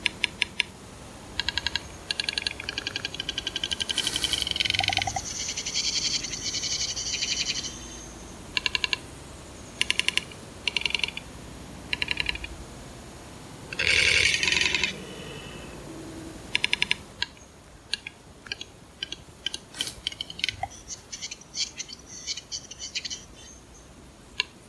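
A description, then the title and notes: A capercaillie cock calls in a Swedish forest with sharp, dry clicks, sometimes quickening into runs, mixed with bright, scratchy hissing bursts around 5 and 14 seconds. After about 17 seconds the sound thins out to a quieter stretch with scattered faint ticks. Andreas made an audio recording in the Swedish forest of a Capercaillie cock, a giant grouse bird. This music plays on the accelerating clicking sounds the Capercaillie makes, by layering 5 repeating copies of the sample that gradually come into phase.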